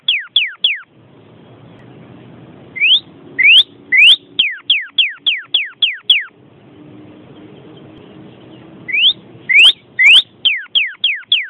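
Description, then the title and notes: Bird song: two phrases, each of rising whistles with clicks followed by a rapid string of descending whistles, separated by soft hissing pauses. "Bird Sound. Kicau Burung Lengkap"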